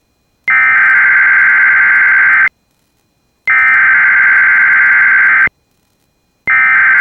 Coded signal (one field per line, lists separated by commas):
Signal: Emergency Alert System (SAME) tones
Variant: header bursts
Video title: Child Abduction Emergency || 10-15-24 (EAS #3,096)